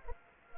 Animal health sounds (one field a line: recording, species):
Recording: mosquito wingbeat signal from an infrared sensor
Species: Anopheles gambiae